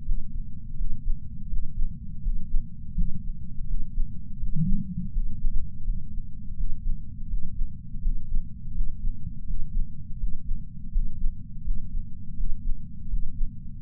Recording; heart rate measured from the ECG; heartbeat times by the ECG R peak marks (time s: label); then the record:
heart sounds by patch sensor on the chest; 83 bpm
0.04 s: heartbeat
0.76 s: heartbeat
1.48 s: heartbeat
2.21 s: heartbeat
2.94 s: heartbeat
3.66 s: heartbeat
4.38 s: heartbeat
5.11 s: heartbeat
5.84 s: heartbeat
6.56 s: heartbeat
7.28 s: heartbeat
8.01 s: heartbeat
8.73 s: heartbeat
9.45 s: heartbeat
10.18 s: heartbeat
10.91 s: heartbeat
11.63 s: heartbeat
12.35 s: heartbeat
13.08 s: heartbeat
13.81 s: heartbeat
From the record:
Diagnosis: coronary artery disease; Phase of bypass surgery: postoperative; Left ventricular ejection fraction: 59.1%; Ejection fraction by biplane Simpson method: 55%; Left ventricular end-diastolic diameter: 46 mm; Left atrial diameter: 34 mm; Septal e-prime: 8 cm/s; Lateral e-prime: 6.5 cm/s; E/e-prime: 8.7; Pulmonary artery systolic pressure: 22 mmHg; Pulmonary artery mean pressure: 11 mmHg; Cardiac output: 4.38 L/min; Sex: male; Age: 58 years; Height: 160 cm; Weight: 70 kg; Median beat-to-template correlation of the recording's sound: 0.85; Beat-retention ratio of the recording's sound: 0.99